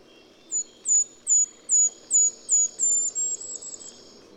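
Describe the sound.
Golden-crowned kinglet song: a string of high, thin notes repeated about every 0.4 seconds, ending in a faster fading twitter.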